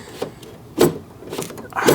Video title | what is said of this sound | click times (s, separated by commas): Honda Civic Manual Door Issues!!! (Alignment, Handles, Latches and LOCKS) | oh man, it doesn't snap quite like the other side does. | 0.8 s, 1.8 s